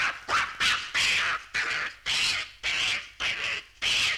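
Monkey squeals, raspy shrieks in quick bursts, a few longer and rough, a couple of times per second.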